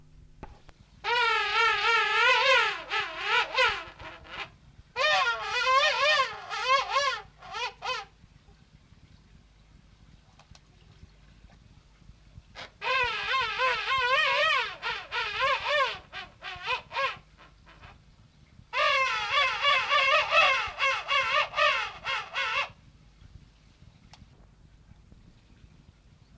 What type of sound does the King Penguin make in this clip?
call